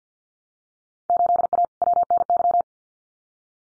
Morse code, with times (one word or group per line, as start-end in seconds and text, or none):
1.1-1.7 8A
1.8-2.6 WNY